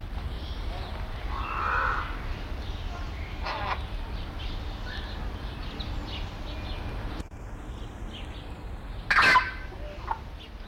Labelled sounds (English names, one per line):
Yellow-faced Myna call